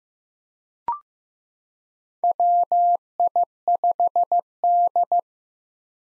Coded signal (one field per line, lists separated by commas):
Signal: Morse code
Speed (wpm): 15 wpm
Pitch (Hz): 700 Hz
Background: none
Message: WI5D